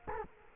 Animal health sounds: mosquito wingbeat signal from an infrared sensor; Culex quinquefasciatus

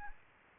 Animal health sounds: mosquito wingbeat signal from an infrared sensor; Anopheles arabiensis

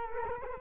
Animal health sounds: mosquito wingbeat signal from an infrared sensor; Culex quinquefasciatus

